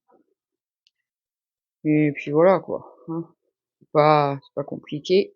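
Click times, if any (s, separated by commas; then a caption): 0.9 s. A glued craft piece is stacked onto another piece in a 3D build and clipped into place, giving a short, sharp click at 0.9 s after a faint tick near 0.1 s. Someone then talks, and the piece is seated.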